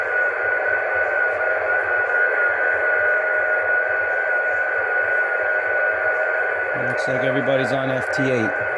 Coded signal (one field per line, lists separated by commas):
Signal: FT8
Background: speech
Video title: Should the ARRL move Digital Modes like FT8 to separate contests? VHF Contests Radio Sport #hamradio